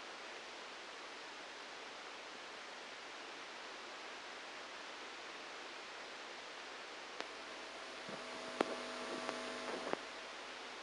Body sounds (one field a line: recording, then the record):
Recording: brain microelectrode recording played as sound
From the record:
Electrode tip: outside the subthalamic nucleus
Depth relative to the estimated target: 0 mm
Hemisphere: right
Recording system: NeuroSet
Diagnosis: Parkinson's disease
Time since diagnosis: 9 years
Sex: male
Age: 56 years